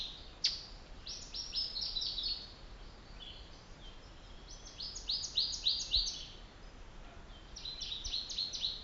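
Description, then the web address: Bird song, quick series of high chirping notes in bursts, with a steady background hiss. Mweka trail, Kilimanjaro, Africa, 2005. "africa 2005 writeup mweka trail birds"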